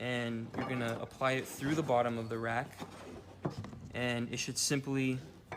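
A plastic spacer with the fillets on top is handled and pushed up toward the bottom of a steel roof cargo rack while someone talks, with a few faint handling taps and a sharper thunk near the end. Nothing has seated or clicked yet; the clip ends just before the spacer snaps into the rack frame.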